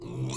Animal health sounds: pig call; weaner (32 to 43 days)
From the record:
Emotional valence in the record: negative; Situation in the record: long isolation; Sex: female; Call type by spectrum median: low-frequency call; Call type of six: mixed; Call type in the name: high-frequency modulated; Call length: 0.37 s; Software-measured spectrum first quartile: 177 Hz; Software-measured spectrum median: 525 Hz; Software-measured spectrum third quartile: 4201 Hz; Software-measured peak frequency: 344 Hz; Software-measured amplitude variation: 101 dB a second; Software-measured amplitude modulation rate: 27.3 a second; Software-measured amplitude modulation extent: 3.7 dB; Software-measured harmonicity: 2.6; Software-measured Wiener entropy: -4.31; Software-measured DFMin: 1069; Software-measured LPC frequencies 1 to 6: 266, 1014, 2442, 3578, 4214, 5583 Hz

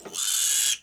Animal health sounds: pig call; piglet (1 to 25 days)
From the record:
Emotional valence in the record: negative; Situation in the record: castration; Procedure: castration, cut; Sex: male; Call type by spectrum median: high-frequency call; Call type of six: high-frequency modulated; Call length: 0.82 s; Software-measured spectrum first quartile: 4515 Hz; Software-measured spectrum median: 6784 Hz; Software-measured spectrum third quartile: 8386 Hz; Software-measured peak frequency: 6902 Hz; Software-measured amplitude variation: 141 dB a second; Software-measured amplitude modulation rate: 25.6 a second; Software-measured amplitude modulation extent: 5.5 dB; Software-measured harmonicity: 0.2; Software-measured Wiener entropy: -1.82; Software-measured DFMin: 973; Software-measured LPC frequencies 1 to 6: 1584, 3340, 4488, 6830, 7733, 9118 Hz

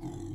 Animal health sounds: pig call; weaner (32 to 43 days)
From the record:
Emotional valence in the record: positive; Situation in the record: positive conditioning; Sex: female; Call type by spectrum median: low-frequency call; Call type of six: low-frequency stable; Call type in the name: low-frequency stable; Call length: 0.35 s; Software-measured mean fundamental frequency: 49 Hz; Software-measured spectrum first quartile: 116 Hz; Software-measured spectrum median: 262 Hz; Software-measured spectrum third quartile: 434 Hz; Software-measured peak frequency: 321 Hz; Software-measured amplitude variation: 137 dB a second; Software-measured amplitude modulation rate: 25.7 a second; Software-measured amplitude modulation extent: 5.3 dB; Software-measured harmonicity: 2.0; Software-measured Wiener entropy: 0.11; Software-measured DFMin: 1073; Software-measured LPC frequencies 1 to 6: 309, 845, 1985, 3382, 4086, 4968 Hz

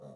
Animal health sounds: pig call; piglet (1 to 25 days)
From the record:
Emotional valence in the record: negative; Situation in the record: short isolation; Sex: female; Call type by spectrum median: low-frequency call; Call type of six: low-frequency stable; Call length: 0.16 s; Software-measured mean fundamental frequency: 68 Hz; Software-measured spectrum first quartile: 180 Hz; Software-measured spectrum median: 416 Hz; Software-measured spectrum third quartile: 611 Hz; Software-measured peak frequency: 521 Hz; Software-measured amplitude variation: 84 dB a second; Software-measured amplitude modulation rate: 28.1 a second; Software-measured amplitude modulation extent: 3.0 dB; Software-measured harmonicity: 1.0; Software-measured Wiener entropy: 0.20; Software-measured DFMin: 808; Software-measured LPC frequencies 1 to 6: 572, 3818, 5695, 6517, 8019, 9543 Hz

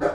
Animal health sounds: pig call; growing-finishing pig (85 days or more)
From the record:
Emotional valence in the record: positive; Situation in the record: run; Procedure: transit

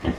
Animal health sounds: pig call; growing-finishing pig (85 days or more)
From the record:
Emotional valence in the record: negative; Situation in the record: barren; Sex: female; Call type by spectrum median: low-frequency call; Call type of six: low-frequency tonal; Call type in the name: low-frequency stable, not sure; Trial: 4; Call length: 0.18 s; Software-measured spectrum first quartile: 178 Hz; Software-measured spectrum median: 323 Hz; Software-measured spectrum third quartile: 795 Hz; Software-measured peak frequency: 85 Hz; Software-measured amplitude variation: 207 dB a second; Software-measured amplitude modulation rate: 19.4 a second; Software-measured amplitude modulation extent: 10.7 dB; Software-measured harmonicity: -2.4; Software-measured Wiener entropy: -0.63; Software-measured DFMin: 1615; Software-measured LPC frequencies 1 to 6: 1872, 3076, 5173, 6543, 7435, 8964 Hz

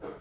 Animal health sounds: pig call; growing-finishing pig (85 days or more)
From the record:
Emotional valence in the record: positive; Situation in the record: run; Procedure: transit

